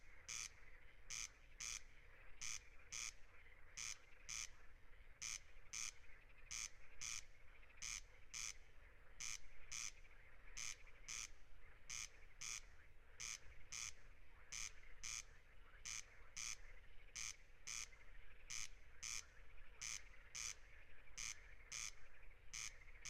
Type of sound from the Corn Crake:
song